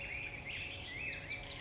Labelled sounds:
Black-headed Grosbeak
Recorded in Sonoma County, California

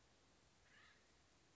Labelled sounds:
Acorn Woodpecker
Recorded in Sonoma County, California

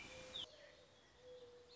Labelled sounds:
Mourning Dove
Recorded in Sonoma County, California

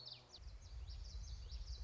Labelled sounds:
Common Yellowthroat
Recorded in Sonoma County, California

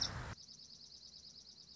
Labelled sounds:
Dark-eyed Junco
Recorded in Sonoma County, California

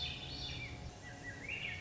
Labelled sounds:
Swainson's Thrush
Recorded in Sonoma County, California

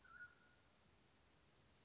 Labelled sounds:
Mountain Quail
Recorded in Sonoma County, California

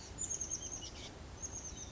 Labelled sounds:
Oak Titmouse
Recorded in Sonoma County, California

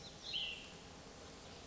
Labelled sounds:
Cassin's Vireo
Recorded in Sonoma County, California

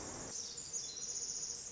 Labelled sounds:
Pacific Wren
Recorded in Sonoma County, California

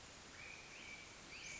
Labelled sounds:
Western Flycatcher
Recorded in Sonoma County, California

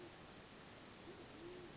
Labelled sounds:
Band-tailed Pigeon
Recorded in Sonoma County, California

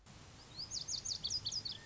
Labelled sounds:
Lazuli Bunting
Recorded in Sonoma County, California

